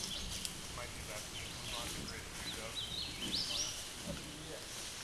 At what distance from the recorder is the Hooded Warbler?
about 25 m